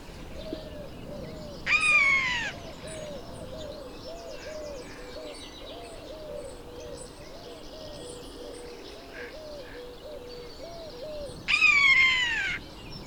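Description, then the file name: Eurasian jay giving two harsh, rasping screeches about ten seconds apart, over a steady series of soft, low hooting notes repeated throughout. "Garrulus glandarius"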